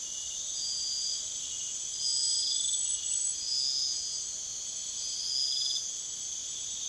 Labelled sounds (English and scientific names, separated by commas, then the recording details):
none
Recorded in secondary vegetation near Puerto Asís, Putumayo, Colombia, on 24 June 2025
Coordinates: 0.488, -76.319
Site G094